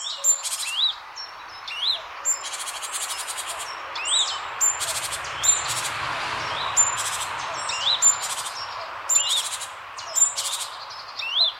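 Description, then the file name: Great tit calls: short sharp notes and brief buzzy bursts repeated roughly every second, over a constant broad hiss of background noise. "Parus major"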